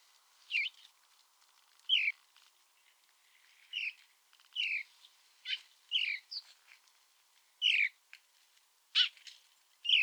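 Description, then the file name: House sparrow chirps, short bright notes repeated irregularly, many sliding downward. "Passer domesticus"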